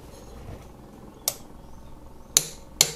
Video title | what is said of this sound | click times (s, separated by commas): How to: Fitting Kawasaki Ninja 1000SX 2020 / 2021 Frame Sliders (Mirror from RevsIT) | And there we go, nice loud click for that one to say 60 is reached. | 2.4 s, 2.8 s